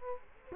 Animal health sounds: mosquito wingbeat signal from an infrared sensor; Culex quinquefasciatus

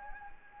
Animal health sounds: mosquito wingbeat signal from an infrared sensor; Anopheles gambiae

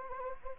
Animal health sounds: mosquito wingbeat signal from an infrared sensor; Anopheles gambiae

